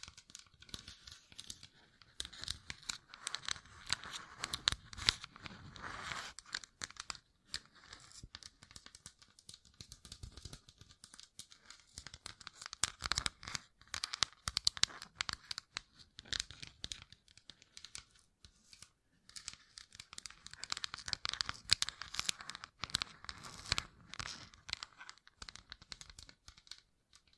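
Gem-covered fingertips tap and scratch in a dense, restless stream of crisp, bright clicks and scrapes that never settles into a regular beat. Busier flurries come around 5–7 seconds and again near 21–24 seconds, with brief quieter gaps between.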